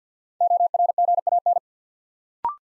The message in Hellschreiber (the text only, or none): none